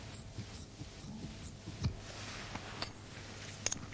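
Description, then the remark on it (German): Surgical scissors cut away superficial tissue layers during breast surgery in a series of short, crisp clicks at an uneven pace, faint overall, over a steady low electrical hum with no talking. “Das ist jetzt das Geräusch der Schere.”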